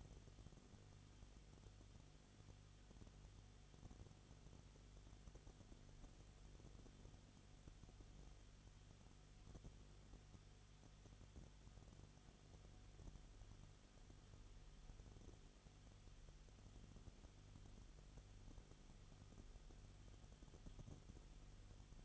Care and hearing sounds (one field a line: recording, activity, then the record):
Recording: daily activity, microphone in the room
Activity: no activity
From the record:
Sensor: 4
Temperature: 22.7 degrees Celsius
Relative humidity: 31.7%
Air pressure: 995.4 hPa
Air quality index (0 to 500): 158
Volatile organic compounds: 2 ppm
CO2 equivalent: 1256 ppm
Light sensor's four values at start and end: 2/3/1/1 and 2/3/1/1